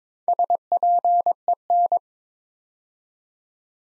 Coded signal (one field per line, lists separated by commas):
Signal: Morse code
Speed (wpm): 22 wpm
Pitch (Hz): 700 Hz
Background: none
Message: SPEN